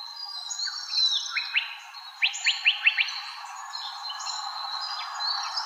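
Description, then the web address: Sinaloa Wren call as a short burst of several sharp, clipped notes in quick succession, among thin high whistles. Recorded by Deviche, file dated 090308, in an Arizona Field Ornithologists sound library of wrens, kinglets and gnatcatchers. "Sound Library Wrens Kinglets Gnatcatchers AZFO SIWR deviche 090308"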